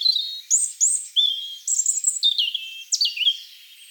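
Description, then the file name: European robin song in short bursts: sharp high whistled notes and falling slurs, separated by small gaps, ending in a quieter fade. "Erithacus rubecula"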